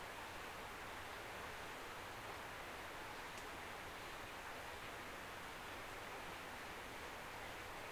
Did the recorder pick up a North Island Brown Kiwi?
no